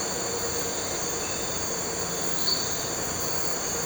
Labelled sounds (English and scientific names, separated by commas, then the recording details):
none
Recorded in pastures near Puerto Asís, Putumayo, Colombia, on 4 March 2025 at 03:30
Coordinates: 0.466, -76.322
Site CSA-02